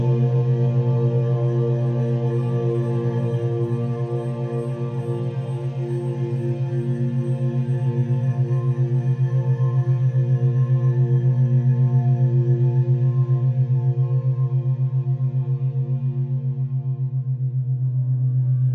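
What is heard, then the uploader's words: A sustained, layered drone of steady tones with a strong low hum and a slow, regular pulsing beat running throughout. Fainter, brighter ringing tones shimmer above, like a singing bowl, and the sound stays even and unbroken for the whole length. Crown Chakra, Frequency 963 Hz - 432 Hz + Binaural beats.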